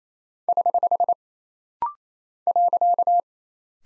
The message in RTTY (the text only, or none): none